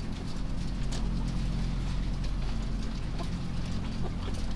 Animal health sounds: poultry house recording; healthy chickens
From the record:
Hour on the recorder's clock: 0

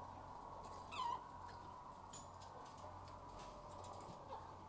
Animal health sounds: poultry house recording; sick chickens (respiratory disease)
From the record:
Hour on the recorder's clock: 11

